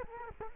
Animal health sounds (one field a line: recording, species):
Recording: mosquito wingbeat signal from an infrared sensor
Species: Culex quinquefasciatus